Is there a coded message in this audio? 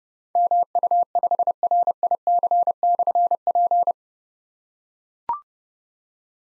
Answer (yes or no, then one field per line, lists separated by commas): yes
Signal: Morse code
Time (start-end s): 0.4-3.9 s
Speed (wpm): 30 wpm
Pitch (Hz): 700 Hz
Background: none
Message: MU5RIC/P